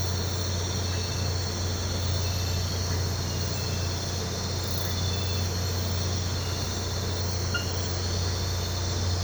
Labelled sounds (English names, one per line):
none